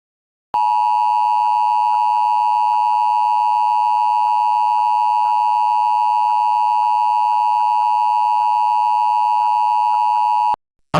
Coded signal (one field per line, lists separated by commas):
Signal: Emergency Alert System (SAME) tones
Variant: 853 and 960 Hz attention tone